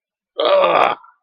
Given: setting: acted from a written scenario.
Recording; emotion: vocal sound without words; pain